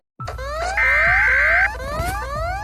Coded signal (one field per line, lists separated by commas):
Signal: Emergency Alert System (SAME) tones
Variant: header bursts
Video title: Mr Increíble Perturbado (EAS ALARMS 2) Parte 2 | 2/15